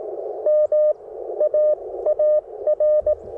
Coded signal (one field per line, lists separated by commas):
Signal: Morse code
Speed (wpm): 20 wpm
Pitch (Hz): 600 Hz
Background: none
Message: M AAR